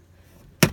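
A seatbelt tongue is pushed into its buckle in a Eurovan camper, latching the belt as a safety mechanism. After low, quiet background, a sharp, loud snap rings out at 0.6 s and trails off briefly. The buckle latches and is seated.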